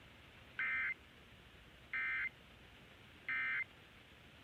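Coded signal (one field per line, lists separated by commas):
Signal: Emergency Alert System (SAME) tones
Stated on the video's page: Required Monthly Test EAS tones, the test aired on New York City AM radio and digital TV stations.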